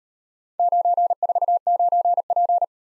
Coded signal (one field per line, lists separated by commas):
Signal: Morse code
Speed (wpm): 37 wpm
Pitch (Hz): 700 Hz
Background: none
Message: 949P